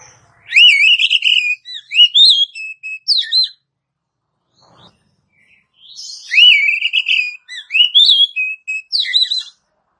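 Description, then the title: Oriental magpie-robin song, two loud whistled phrases with wavering trills and upslurred notes, separated by a few seconds of quiet. "Kacer"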